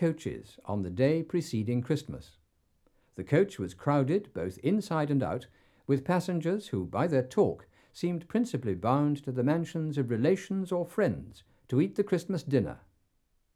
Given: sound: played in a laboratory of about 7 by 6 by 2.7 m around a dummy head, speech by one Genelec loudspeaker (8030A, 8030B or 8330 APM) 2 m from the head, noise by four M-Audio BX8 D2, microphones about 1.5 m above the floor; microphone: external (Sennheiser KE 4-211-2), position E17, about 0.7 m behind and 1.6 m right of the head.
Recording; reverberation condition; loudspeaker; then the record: male speech in English; low; 120 degrees to the right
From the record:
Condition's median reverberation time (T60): about 310 ms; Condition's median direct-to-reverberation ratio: about 3.5 dB